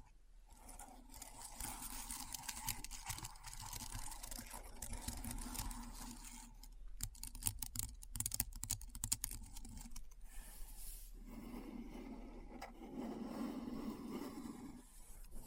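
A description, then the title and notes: Keyboard sounds, with dense, fast clicking and clattering throughout, brief pauses near seven and ten seconds, over a low steady hum. ASMR Keyboard Sounds (No Talking).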